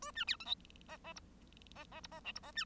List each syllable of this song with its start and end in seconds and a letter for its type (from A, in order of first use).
0.02-0.11 A, 0.15-0.24 B, 0.27-0.36 C, 0.40-0.45 D, 0.45-0.55 E, 1.75-1.84 F, 1.91-2.00 F, 2.03-2.07 G, 2.11-2.20 F, 2.24-2.32 H, 2.35-2.39 G, 2.42-2.52 F, 2.55-2.65 B